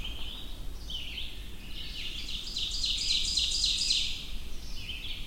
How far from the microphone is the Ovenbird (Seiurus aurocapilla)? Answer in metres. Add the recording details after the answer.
about 25 m. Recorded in boreal forest in Alberta, Canada, on 22 June 2016 at 05:30. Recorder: SongMeter 3, array SBT-6-76. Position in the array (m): 17 m, 104 m. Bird 2